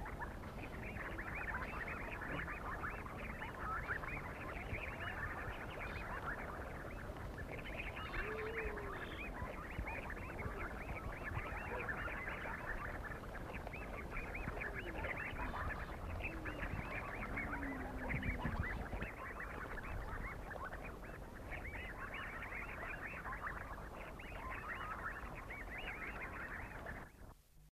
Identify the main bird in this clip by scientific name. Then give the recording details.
Pterocles bicinctus. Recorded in captivity. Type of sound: call. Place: Etosha. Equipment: Halbspur, 9,5 cm/s. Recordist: Lütgens, Hans. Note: Rufe